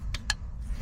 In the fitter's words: I think I heard a little click there.